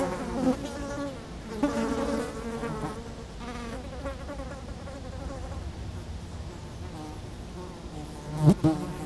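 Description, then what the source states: Fly: several flies buzz in wavering overlapping drones, with a sharp knock near the end, above a quieter low background rumble. Flies feeding on dung, close-up; Chemin de Lombardil, Fenouillet, France, near Blagnac airport; windy day; recorded with Sennheiser MKH8040 ORTF pair and SD MixPre6.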